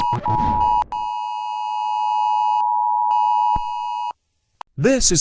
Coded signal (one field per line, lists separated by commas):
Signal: Emergency Alert System (SAME) tones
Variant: 853 and 960 Hz attention tone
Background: speech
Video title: Remastered EAS scenario: Moon collision ￼| EAS scenario